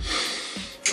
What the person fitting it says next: Oh, clicks into place nice and tight.